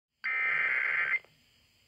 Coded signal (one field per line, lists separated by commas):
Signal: Emergency Alert System (SAME) tones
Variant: header bursts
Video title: WHA (AM) Required Weekly Test #2 (EAS #462)